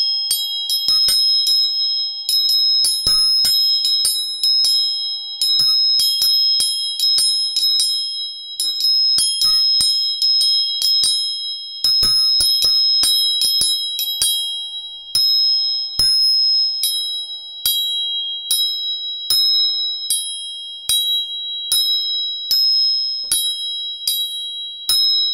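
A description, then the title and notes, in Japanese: Three tuning forks are struck repeatedly, each tap a bright metallic ping that rings on steadily, the strikes coming in quick irregular clusters throughout. 音叉チューニング3本。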